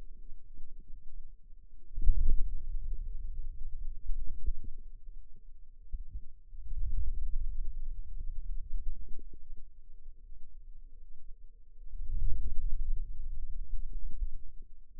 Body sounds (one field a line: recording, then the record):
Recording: forearm muscle sounds (acoustic myography)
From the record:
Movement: wrist extension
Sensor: system 2, bracelet of six BSWA MPA416 microphones around the upper forearm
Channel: 6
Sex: female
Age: 23 years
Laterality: right